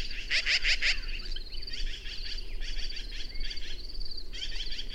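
Birds chattering: a rapid burst of sharp high notes at first, then a constant twittering of many short notes throughout.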